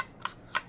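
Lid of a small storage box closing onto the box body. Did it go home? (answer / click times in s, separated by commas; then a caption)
yes / 0.2 s, 0.6 s. A small metal box for holding matches has its lid closed onto the box body. Two sharp clicks sound at 0.3 s and 0.6 s, and the lid snaps shut, sealing the box.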